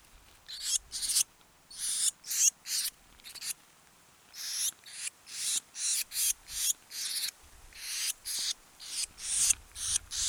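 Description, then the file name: Eurasian blue tit giving a long series of harsh, rasping churr notes, repeated about two to three times a second, broken by a few short pauses. "Cyanistes caeruleus"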